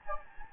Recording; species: mosquito wingbeat signal from an infrared sensor; Anopheles gambiae